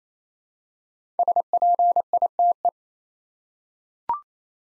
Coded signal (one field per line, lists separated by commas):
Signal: Morse code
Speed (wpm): 27 wpm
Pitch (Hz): 700 Hz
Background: none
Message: SPITE